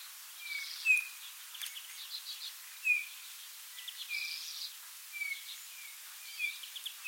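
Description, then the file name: Eurasian bullfinch giving short, soft, falling piped whistles, several times over seven seconds, with other faint high sounds in the background. "Pyrrhula pyrrhula"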